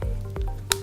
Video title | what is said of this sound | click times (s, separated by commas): TruPulse 200i and 360i Prise en main | Hear a click. | 0.7 s